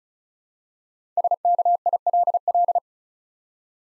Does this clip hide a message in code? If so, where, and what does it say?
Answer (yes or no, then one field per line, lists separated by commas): yes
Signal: Morse code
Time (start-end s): 1.2-2.8 s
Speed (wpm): 36 wpm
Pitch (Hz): 700 Hz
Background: none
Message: SKILL